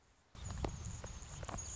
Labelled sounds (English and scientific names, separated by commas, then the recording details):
Anna's Hummingbird (Calypte anna)
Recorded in Sonoma County, California